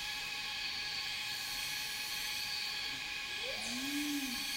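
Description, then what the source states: Continuous high cicada drone fills the background; a single low, curving hoot and a brief rising whistle appear near the end. Cicadas in a rainforest, heard together with birds.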